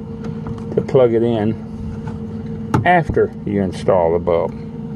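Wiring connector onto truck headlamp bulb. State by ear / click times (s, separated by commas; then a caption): not seated / none. A wiring plug is handled at the base of a newly installed headlamp bulb on a 2014 Kenworth T-680 truck, to be pushed on until it snaps home. Someone talks over a steady low hum, with a few brief knocks of handling. The clip ends before the connector seats, so nothing has seated or clicked yet.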